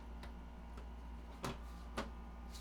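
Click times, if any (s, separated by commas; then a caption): none. The back panel of a white wood Lian Li Lancool 217 gaming PC case is handled as it is brought up to be snapped into place. Brief sharp sounds occur at about 0.2, 1.5 and 2.0 s over a steady low hum, the last two louder. Nothing has seated or clicked yet.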